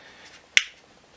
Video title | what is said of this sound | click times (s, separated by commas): Audi 2012- 2018 4 0T spark plug and coil pack install | kind of here there you go here click just | 0.6 s